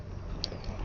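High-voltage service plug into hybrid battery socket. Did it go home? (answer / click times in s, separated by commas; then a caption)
yes / 0.4 s. The high-voltage service plug of a Toyota RAV4 camper's hybrid battery is pushed all the way into its socket, and its latch catches with a sharp, bright click at 0.4 s, followed by a fainter tick at 0.6 s over a steady low rumble. The plug is seated and latched correctly.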